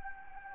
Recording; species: mosquito wingbeat signal from an infrared sensor; Anopheles gambiae